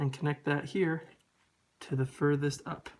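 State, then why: Not seated. Someone talks while handling the bottom of four display ribbon cables on an iPhone 6, bringing its connector toward the uppermost socket on the phone's logic board, with a brief quiet pause in the middle. Nothing has seated or clicked yet.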